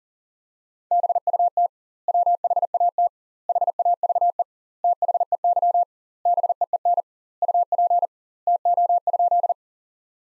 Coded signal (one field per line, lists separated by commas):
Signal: Morse code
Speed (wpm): 37 wpm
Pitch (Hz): 700 Hz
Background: none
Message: BUT WHAT HAVE THEY BEEN UP TO?